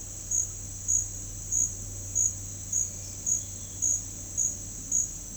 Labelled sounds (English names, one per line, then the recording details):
none
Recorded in pastures near Puerto Asís, Putumayo, Colombia, on 21 March 2025 at 09:00
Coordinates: 0.502, -76.324
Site GP07